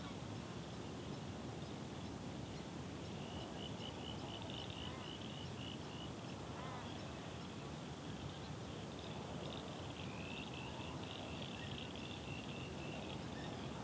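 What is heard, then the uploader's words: A dusk chorus at a swamp on Phillip Island: a steady, thin, high trilling runs unbroken through the whole clip, with a few faint scattered calls and brief chirps around the middle. A constant low rumble sits underneath, and the overall level never changes. The dusk chorus at our local swamp on Phillip Island. Starts with the last birds of the day before the frogs start up for the night. Recorded in Spring 2021.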